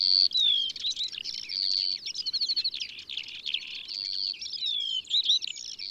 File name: Bruant jaune ABC des chants doiseaux